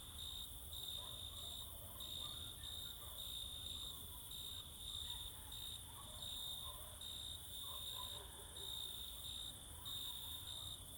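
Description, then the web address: Crickets singing shrilly in regular pulses over a steady high trill. Crickets singing close in summer fields in the evening or night. "Sculp Tunes - Summer in the field - Crickets and Cicadas"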